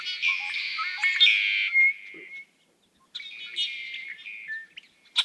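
Red-winged blackbird giving two songs, each a raspy trill, separated by a short silence.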